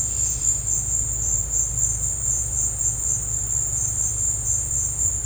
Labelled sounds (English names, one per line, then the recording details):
none
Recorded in dense forest near Puerto Asís, Putumayo, Colombia, on 26 December 2024 at 14:30
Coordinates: 0.468, -76.322
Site G071